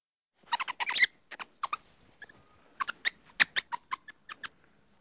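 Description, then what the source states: Lemur giving sharp, high chirps: a quick cluster, a pause near the middle, then another fast run of bright chirps. High-pitched, rapid chirps.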